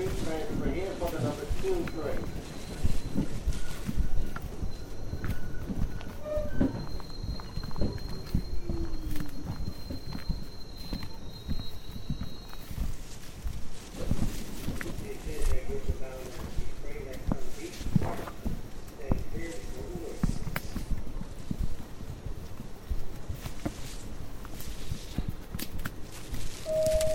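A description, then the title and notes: A hike through the Tambopata rainforest in Peru, with footsteps crunching and rustling steadily throughout. Bird calls and whistles come and go, including a thin high tone held from about 7 to 12 seconds. Voices murmur at times. Hike in Tambopata Reserve rainforest, Peru.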